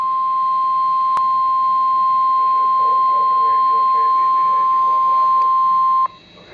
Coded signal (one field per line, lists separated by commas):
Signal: Emergency Alert System (SAME) tones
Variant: 1050 Hz attention tone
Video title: Real NOAA Weather Radio EAS Alerts #188 and #189